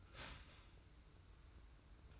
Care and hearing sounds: daily activity, microphone in the room; start toaster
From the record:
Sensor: 2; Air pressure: 990.5 hPa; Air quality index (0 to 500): 165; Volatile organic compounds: 866 ppm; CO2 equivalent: 5183 ppm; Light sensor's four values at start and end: 29/69/28/28 and 29/70/28/28

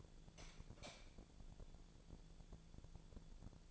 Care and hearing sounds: daily activity, microphone in the room; light on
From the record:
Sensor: 5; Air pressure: 1000.2 hPa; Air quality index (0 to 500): 100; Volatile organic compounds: 1 ppm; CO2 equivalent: 810 ppm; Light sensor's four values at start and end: 169/403/171/187 and 171/410/174/190

